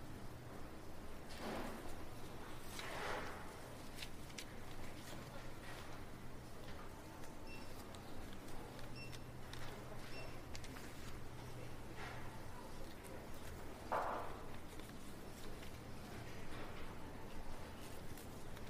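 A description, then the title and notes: A calm, quiet library: a steady low hum runs throughout beneath soft, muffled murmurs. Occasional brief clatters and shuffles stand out, around the second and third seconds, near twelve seconds, and a sharper knock just before fourteen seconds. Library Ambiance. This calm and quiet library.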